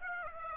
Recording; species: mosquito wingbeat signal from an infrared sensor; Aedes aegypti